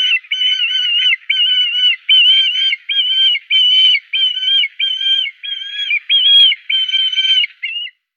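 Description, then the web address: Black kite giving a long quavering, whistled whinny, broken into many wavering phrases in steady sequence, with no other sounds. "Schwarzmilan. milan noir"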